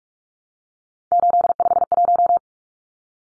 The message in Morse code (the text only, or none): 851